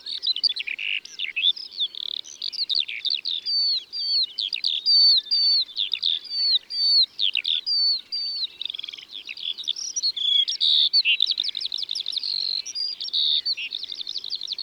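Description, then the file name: Eurasian skylark singing a long unbroken warble of quick high chirps, buzzy trills and looping whistled notes that tumble on without a break. "Alouette des champs ABC des chants doiseaux"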